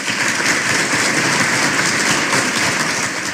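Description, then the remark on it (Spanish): Steady applause from a crowd ending a presentation on the radio program Fueguitos en la Caverna, a dense, even patter of many hands clapping at once, holding at a fairly loud level for a few seconds with no voices over it. “Y esta presentación que termina con aplausos no hace más que preludiar la presencia en nuestro programa de nuestro columnista estrella.”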